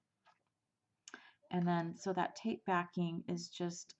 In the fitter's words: so i snapped the magnet into place